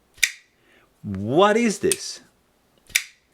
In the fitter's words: action is snappy. Did you hear that, by the way?